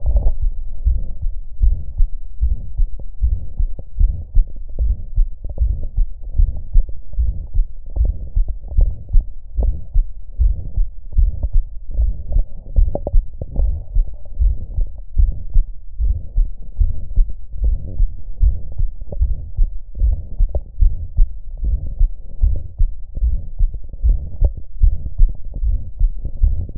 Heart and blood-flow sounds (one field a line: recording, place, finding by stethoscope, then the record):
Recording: heart sounds by stethoscope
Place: mitral valve (MV)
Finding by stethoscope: normal heart sounds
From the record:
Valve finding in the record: mitral regurgitation, grade 1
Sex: female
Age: 42 years